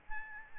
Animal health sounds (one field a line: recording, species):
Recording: mosquito wingbeat signal from an infrared sensor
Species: Aedes albopictus